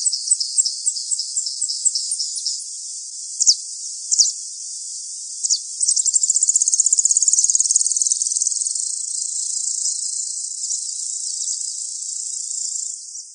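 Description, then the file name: Bird calls, very high-pitched: a run of short chirps, then a few sharp downward strokes, then a fast rattling trill that fades into a steady thin high hiss. "SABIOD 50 bird 2015"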